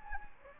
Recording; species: mosquito wingbeat signal from an infrared sensor; Anopheles gambiae